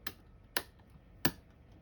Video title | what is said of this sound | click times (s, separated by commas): FANHOME Star Wars - Build the Millennium Falcon Part 17 | you hear that click there | 0.6 s, 1.3 s